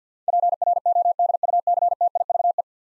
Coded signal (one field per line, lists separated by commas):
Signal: Morse code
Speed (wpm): 47 wpm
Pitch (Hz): 700 Hz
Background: none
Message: PRODUCTIVE